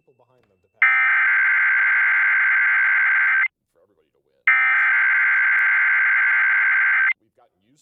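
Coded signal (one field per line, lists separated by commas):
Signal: Emergency Alert System (SAME) tones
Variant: header bursts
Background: speech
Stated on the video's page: Severe Thunderstorm Watch EAS alert aired on a PBS television livestream.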